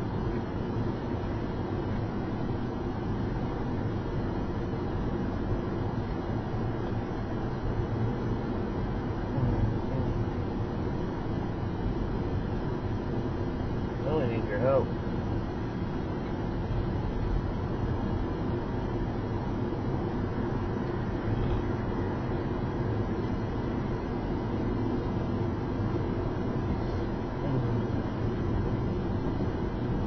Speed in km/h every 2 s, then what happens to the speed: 71, 72, 72, 74, 74, 72, 72, 72, 74, 72, 74, 76, 77, 77, 77.
0-30 steady at about 74.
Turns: none.